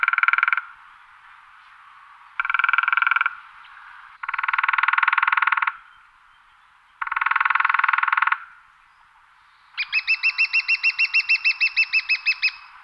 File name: Picchio rosso minore